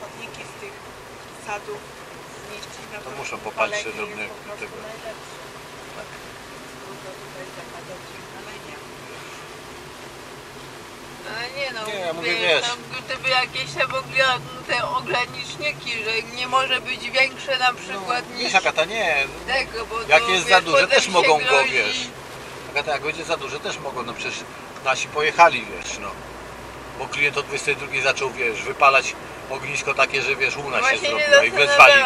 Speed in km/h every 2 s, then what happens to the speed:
48, 48, 47, 44, 40, 36, 33, 34, 39, 44, 49, 54, 56, 60, 63, 65.
0-5 steady at about 48. 5-13 slows to 33. 13-32 speeds up to 65.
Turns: 10-16.